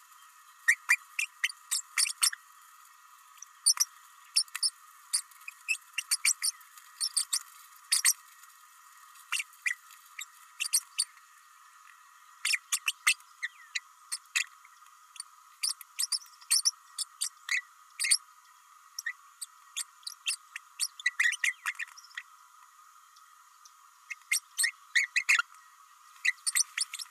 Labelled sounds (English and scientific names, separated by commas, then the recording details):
Green-rumped Parrotlet (Forpus passerinus) babbling
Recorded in a nest box in Venezuela
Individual 18B104A3